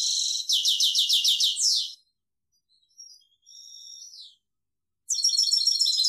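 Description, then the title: European goldfinch song: a rapid pulsed twittering phrase, a pause with faint thin notes, then another quick tinkling burst beginning. "Chant Chardonneret"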